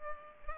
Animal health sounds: mosquito wingbeat signal from an infrared sensor; Culex pipiens

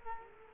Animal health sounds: mosquito wingbeat signal from an infrared sensor; Culex quinquefasciatus

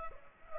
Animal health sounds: mosquito wingbeat signal from an infrared sensor; Culex pipiens

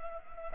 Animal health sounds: mosquito wingbeat signal from an infrared sensor; Culex pipiens

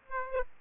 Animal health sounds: mosquito wingbeat signal from an infrared sensor; Aedes aegypti

